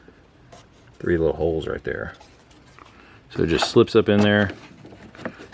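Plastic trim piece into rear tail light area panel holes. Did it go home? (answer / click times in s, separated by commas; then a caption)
yes / 5.3 s. A small plastic trim piece with three tabs is slid up into its three holes in the panel by the rear turn signal housing of a 2021 Tahoe during a LasFit LED rear turn signal bulb install, while someone talks. It snaps into place with a sharp click at 5.3 s.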